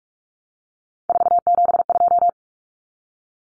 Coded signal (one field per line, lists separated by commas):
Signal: Morse code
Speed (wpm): 44 wpm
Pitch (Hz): 700 Hz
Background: none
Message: 472